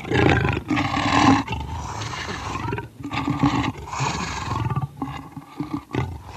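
Leopard calling: harsh, throaty rasps in several longer bouts, then a few shorter ones, with only short pauses between them.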